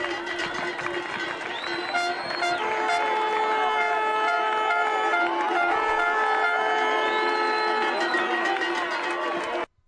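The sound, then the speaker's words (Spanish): A dense, roaring crowd cheers and shouts at a steady loud level as the first race runners arrive at the summit of Izcorri, with shrill whistles and horn-like tones rising and falling over the din, until the noise cuts off abruptly. “Eso exactamente la, bueno, cuando llegan los primeros corredores allí a la cima de la Izcorri.”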